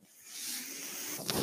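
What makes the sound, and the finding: Home mechanical ventilator. Mechanical ventilator airflow.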